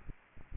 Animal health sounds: mosquito wingbeat signal from an infrared sensor; Aedes aegypti

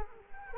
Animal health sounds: mosquito wingbeat signal from an infrared sensor; Culex quinquefasciatus

